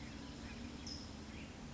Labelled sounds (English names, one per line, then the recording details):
California Towhee
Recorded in Sonoma County, California